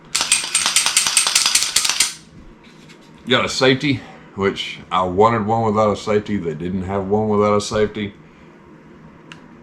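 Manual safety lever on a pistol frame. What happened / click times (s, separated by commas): A small lever gave a single faint click but did not fully engage / 9.3 s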